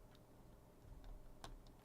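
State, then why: Not seated. A plastic Lego shield or part from the Lord of the Rings Barad-dûr 10333 set is pressed onto the ground baseplate, with faint ticking handling noises and two brief sharp taps near 1.4 and 1.8 seconds. The piece does not click into place, and nothing has seated or clicked yet.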